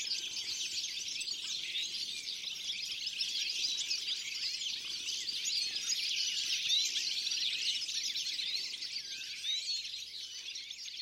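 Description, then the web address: Bird calls pour out as a constant twittering mass of high chirps, swelling slightly louder in the middle before easing off. "Deverinetal"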